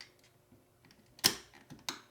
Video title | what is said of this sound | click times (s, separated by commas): PUR Plus Faucet Mount Water Filtration System (INSTALLATION and REVIEW!) | and then we just click it up and on | 1.3 s, 1.9 s